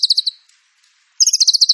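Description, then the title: White-rumped shama song, a rapid series of high, evenly repeated pulsed notes, a short silence, then another fast run of repeated notes. Training material (pancingan) with a full song repertoire to prompt singing. "PANCINGAN MURAI BATU. MURAI BATU FULL MATERI ISIAN"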